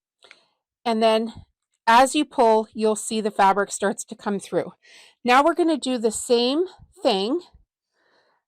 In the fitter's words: and push it all the way to the front until it clicks. It can be a little tight.